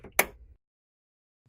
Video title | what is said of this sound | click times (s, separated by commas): Fixing a Carriage Jam on the HP ENVY 5540 Printer HP ENVY HP | holding the cartridge by its sides slide it into the left slot until it snaps into place | 0.2 s